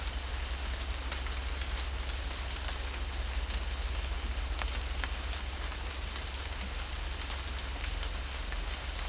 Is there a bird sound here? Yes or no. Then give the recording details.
no. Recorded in dense forest near Puerto Asís, Putumayo, Colombia, on 16 December 2024 at 17:00. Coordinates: 0.466, -76.327. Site G075